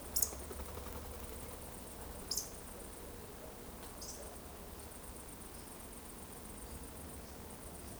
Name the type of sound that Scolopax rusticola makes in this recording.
whistle